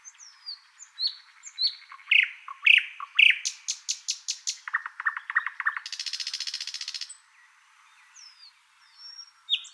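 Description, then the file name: Thrush nightingale song: varied phrases of whistles and sharp clicks, a run of low clacking notes, then a fast dry rattle for about a second, followed by quieter high whistles. "British Library - Thrush Nightingale Luscinia luscinia"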